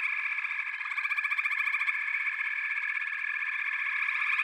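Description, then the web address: Frog chorus, a dense unbroken wall of pulsed trilling from many callers, holding steady throughout with a stronger rapid pulsing through the middle seconds. "The Natural Sounds of the Wilderness. Echoes of Nature - Frog Chorus"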